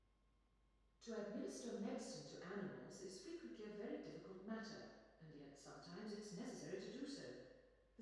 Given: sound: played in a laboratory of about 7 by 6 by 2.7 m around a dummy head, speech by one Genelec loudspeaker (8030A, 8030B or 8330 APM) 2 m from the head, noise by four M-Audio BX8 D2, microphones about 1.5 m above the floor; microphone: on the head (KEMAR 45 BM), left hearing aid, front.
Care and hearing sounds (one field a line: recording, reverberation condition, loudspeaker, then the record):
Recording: female speech in English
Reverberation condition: high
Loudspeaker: 120 degrees to the right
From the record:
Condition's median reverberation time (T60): about 1300 ms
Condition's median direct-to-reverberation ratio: about -4.0 dB